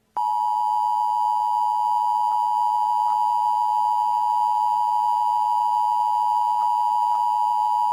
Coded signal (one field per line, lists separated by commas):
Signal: Emergency Alert System (SAME) tones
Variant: 853 and 960 Hz attention tone